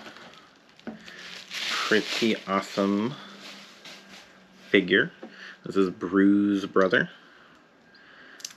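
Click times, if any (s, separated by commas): 8.5 s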